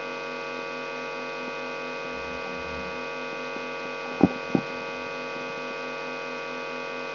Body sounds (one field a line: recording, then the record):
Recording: brain microelectrode recording played as sound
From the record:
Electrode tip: outside the subthalamic nucleus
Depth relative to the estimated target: -4 mm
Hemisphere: right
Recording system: AlphaMap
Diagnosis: Parkinson's disease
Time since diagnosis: 17 years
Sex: male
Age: 64 years